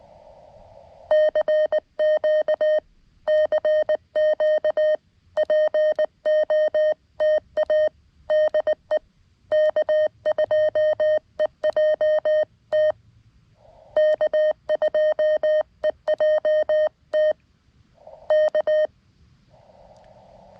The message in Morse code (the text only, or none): CQ CQ POTA DE K2EJT K2EJT K